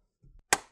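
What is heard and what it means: A plastic top cover is placed back on an Xbox One S console case and its corners are pushed down, with soft, low handling noise from about 0.2 to 0.4 seconds. A single sharp, bright snap at 0.5 seconds, ringing briefly afterward, marks a cover clip locking into the case, and the cover is seated.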